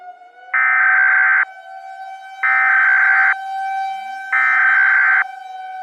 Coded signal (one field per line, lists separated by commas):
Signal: Emergency Alert System (SAME) tones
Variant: header bursts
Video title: EAS Scenario - Ashes to Ashes